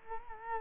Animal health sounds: mosquito wingbeat signal from an infrared sensor; Culex quinquefasciatus

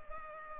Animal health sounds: mosquito wingbeat signal from an infrared sensor; Culex pipiens

